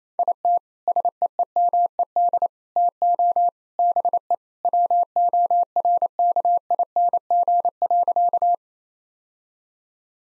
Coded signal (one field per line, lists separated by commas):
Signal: Morse code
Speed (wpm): 27 wpm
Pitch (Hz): 700 Hz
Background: none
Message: IT SEEMED TO BE WORKING.